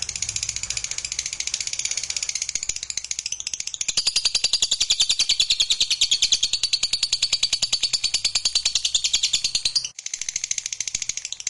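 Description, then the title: Lovebird song: a long run of rapid, high twittering pulses, harsh and buzzy, keeping a steady fast rhythm with a brief break near the end. Lovebird sound meant to stimulate a lazy, reluctant lovebird into singing spontaneously and eagerly. "LOVEBIRD Malas Bunyi JADI GREGET SPONTAN Langsung NARIK"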